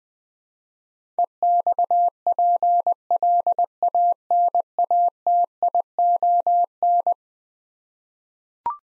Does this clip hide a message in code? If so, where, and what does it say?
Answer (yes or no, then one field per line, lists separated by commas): yes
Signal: Morse code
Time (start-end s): 1.2-7.1 s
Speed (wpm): 20 wpm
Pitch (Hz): 700 Hz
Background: none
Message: EXPLANATION